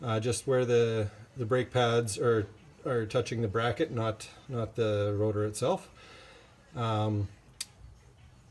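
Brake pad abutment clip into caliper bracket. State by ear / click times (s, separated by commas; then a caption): seated / 7.6 s. A new metal brake pad abutment clip is pressed into the caliper bracket of a 2014 Dodge Grand Caravan front brake while someone talks. A single sharp tick at 7.6 s marks the hardware snapping into place, seated.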